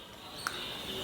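A cordless drill in forward mode slowly runs its keyless chuck closed on a drill bit over a steady background hiss. A single short, sharp click sounds at 0.5 s as the chuck grips the bit, and the bit is seated tight.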